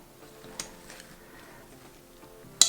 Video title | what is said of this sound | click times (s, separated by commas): Greenroom136 Custom Rainmaker - I couldn't stop using it! | i don't know it's just just i want a little bit more grunt in my click like you know like | 2.6 s